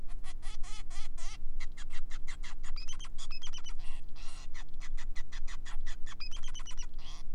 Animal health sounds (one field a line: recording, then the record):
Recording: song of a male Bengalese finch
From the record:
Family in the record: son of father 5